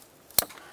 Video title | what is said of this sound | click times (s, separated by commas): How To Replace Throttle Body Assembly 2006-10 Ford Explorer | now we can do this one over here same thing press it in lock it in with the red tab listen | 0.4 s